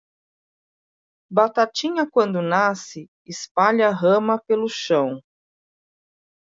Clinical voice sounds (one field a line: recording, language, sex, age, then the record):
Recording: short text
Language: Brazilian Portuguese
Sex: female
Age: 40 to 49 years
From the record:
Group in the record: control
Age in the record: 47 years